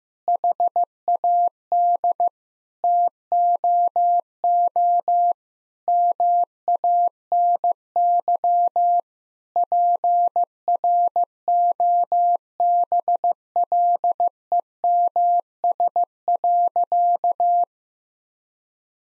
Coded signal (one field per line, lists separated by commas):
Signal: Morse code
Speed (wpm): 16 wpm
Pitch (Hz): 700 Hz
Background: none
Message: HAD TOO MANY PROBLEMS.